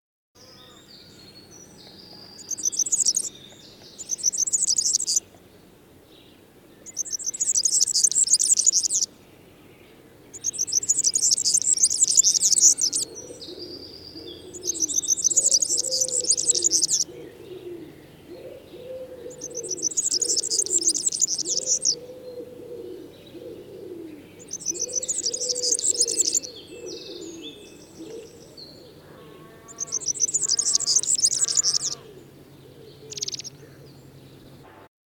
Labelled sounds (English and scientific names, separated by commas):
European Serin (Serinus serinus) song